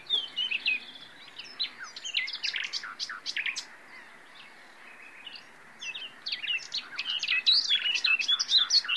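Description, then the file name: Common nightingale song in varied bursts of high chirps and sharp clicks, with a quieter gap midway before lively twittering resumes. "Luscinia megarhynchos"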